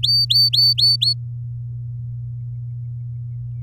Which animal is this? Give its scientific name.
Serinus canaria